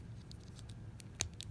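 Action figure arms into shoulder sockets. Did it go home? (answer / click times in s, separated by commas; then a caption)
yes / 1.2 s, 1.4 s. Plastic arms are pushed onto the ball-joint shoulder sockets of a Bandai S.H. Figuarts Star Wars Yoda action figure, with a few faint plastic ticks over a low background hum. Each arm seats with a small, sharp click, at 1.2 s and 1.4 s, the first being the loudest.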